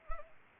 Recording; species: mosquito wingbeat signal from an infrared sensor; Anopheles arabiensis